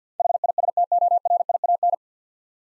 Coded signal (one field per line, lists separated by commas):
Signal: Morse code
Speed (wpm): 50 wpm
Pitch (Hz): 700 Hz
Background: none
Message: HISTORIAN